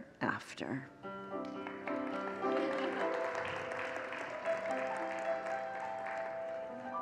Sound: congregants applaud